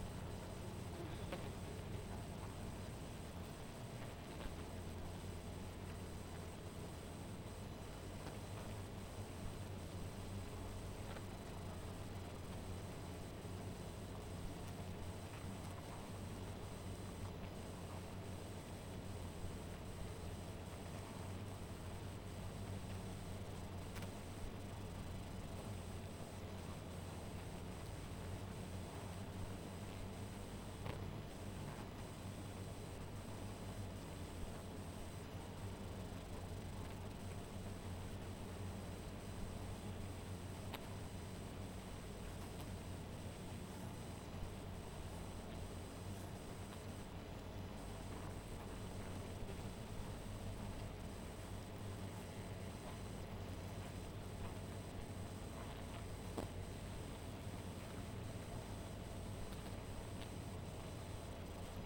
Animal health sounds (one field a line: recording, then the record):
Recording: honeybee colony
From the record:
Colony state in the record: missing queen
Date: 14 July 2017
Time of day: 1:38